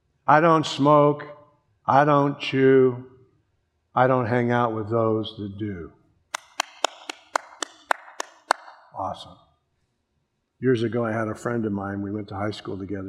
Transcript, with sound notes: “I don’t smoke, I don’t chew, I don’t hang out with those that do.” (Clapping) Awesome! Years ago I had a friend of mine, we went to high school together.